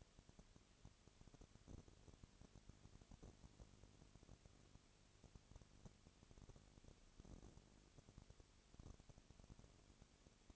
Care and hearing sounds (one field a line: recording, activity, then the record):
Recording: daily activity, microphone in the room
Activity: no activity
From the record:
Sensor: 4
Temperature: 22.3 degrees Celsius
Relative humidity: 32.7%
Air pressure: 1001.9 hPa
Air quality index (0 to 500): 186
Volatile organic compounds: 4 ppm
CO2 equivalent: 1644 ppm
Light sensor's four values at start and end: 2/3/1/1 and 2/3/1/1